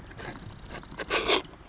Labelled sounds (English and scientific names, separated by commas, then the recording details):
Marsh Wren (Cistothorus palustris)
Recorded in Sonoma County, California